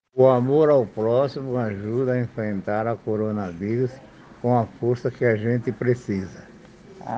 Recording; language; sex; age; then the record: spoken sentence; Brazilian Portuguese; male; 70 to 79 years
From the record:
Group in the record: respiratory insufficiency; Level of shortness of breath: 5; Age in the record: 75 years